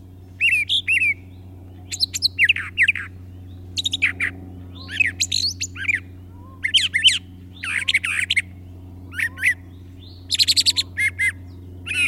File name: suara-kicauan-brown-trasher -omkicau